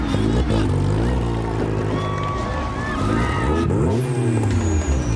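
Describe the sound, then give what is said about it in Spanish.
Several race car engines roar and rev loudly at once, their deep growl surging and dipping in pitch as the cars launch off the starting line at the start of a race, in a dense, continuous wall of sound, in the series Cashman y Bobin. “Todos los autos a sus posiciones. Va a dar inicio la carrera.”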